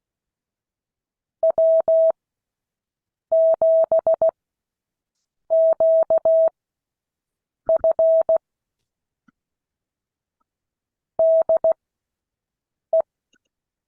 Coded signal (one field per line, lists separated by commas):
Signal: Morse code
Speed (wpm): 16 wpm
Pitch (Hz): 650 Hz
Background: none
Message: W7QF DE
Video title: Morse code class 2022 11 21